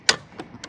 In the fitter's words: and it locks into place at the back with a clip and